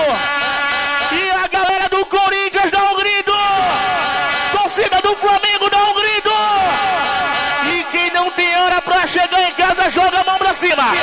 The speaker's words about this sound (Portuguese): E a torcida do Remo veio hoje, veio. A torcida do Leão dá um grito. A torcida do Remo dá uma vaia lá do Paysandu.